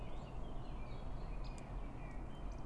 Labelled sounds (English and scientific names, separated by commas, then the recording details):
Great Spotted Woodpecker (Dendrocopos major)
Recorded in Germany
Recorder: ecoPi